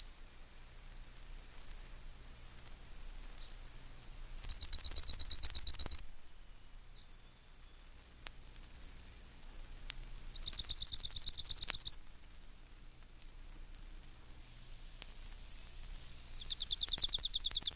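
Junco song: three high, even trills, about one and a half seconds each, the last cut off, against a quiet background.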